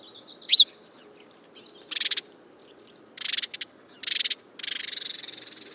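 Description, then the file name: House sparrow chirps: one sharp high note, then several harsh, rattling chirps, the last drawn out and buzzy. "Passer domesticus"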